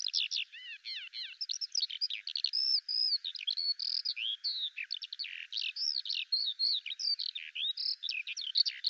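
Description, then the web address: Bird singing a rapid, unbroken run of varied high chirps, trills and sweeping whistled notes, changing constantly, with no other sounds. "Deverinetal 2025 File cleaned normalized Bird Al Ar"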